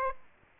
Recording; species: mosquito wingbeat signal from an infrared sensor; Aedes aegypti